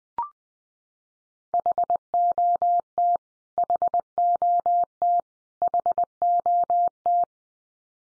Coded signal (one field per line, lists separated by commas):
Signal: Morse code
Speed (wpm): 20 wpm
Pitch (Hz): 700 Hz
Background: none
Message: HOT HOT HOT